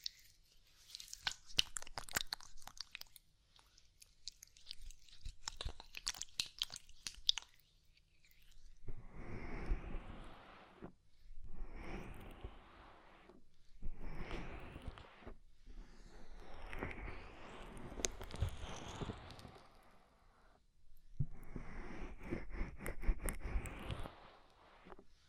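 Ear massage sounds with oil and foam. The first seven seconds hold dense, crackly, bright sounds like squishing foam. After that come five separate bursts of softer, fuller rubbing, each lasting two to four seconds, with short quiet gaps between them.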